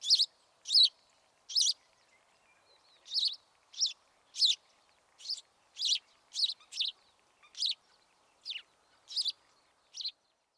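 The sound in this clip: House sparrow chirping, loud scratchy notes at uneven intervals over about ten seconds, with a faint background hiss.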